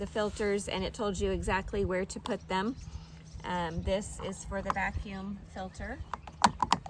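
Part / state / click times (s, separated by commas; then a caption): vacuum filter onto milking machine pump housing / seated / 6.7 s. A colour-coded plastic vacuum filter is pressed onto the pump housing of a milking machine while someone talks. Short sharp clicks sound near the end, and the filter snaps on and seats at 6.7 s.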